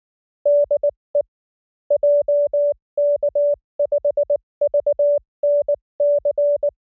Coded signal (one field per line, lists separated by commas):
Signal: Morse code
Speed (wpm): 19 wpm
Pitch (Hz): 580 Hz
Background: none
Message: DE JK5VNC